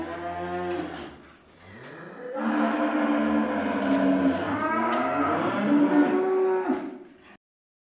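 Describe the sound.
Cow giving a short moo, then a long, steady, sustained moo lasting about five seconds before ending abruptly.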